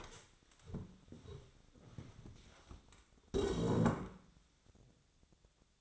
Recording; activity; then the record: daily activity, microphone in the room; stand up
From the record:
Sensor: 3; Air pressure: 1000.4 hPa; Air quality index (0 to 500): 170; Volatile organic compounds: 3 ppm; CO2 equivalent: 1488 ppm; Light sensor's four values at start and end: 13/30/13/13 and 13/30/13/13